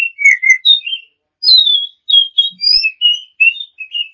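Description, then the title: Oriental magpie-robin song, lively chains of clear whistles and slurred notes with short breaks. Champion-class songbird. "Kicau Burung Kacer Juara"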